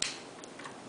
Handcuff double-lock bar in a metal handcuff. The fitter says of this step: You'll hear a click. The bar is gone from here.